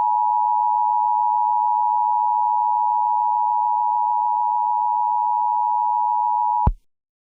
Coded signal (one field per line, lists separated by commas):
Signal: Emergency Alert System (SAME) tones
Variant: 853 and 960 Hz attention tone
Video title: EAS Child Abduction Emergency for Charlotte-Mecklenburg (Audio Credit to Piggy Porkchop) REUPLOAD